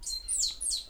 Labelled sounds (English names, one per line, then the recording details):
Stitchbird song
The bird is a male
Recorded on Tiritiri Matangi Island, New Zealand, in 2005
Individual 10, of nest box 12